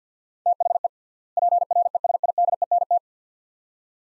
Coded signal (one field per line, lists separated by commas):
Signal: Morse code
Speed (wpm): 50 wpm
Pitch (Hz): 700 Hz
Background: none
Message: THE PRESIDENT